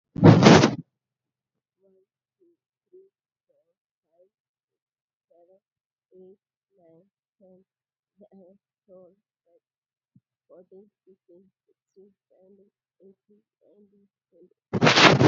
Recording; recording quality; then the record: counting at a normal pace; moderate, slight background noise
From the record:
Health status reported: COVID-19 positive, mild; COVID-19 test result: positive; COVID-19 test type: RT-PCR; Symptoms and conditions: cough, cold, sore throat, fever, fatigue, muscle pain, another condition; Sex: female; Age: 32 years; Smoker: no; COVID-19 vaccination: both doses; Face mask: not worn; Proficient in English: yes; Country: India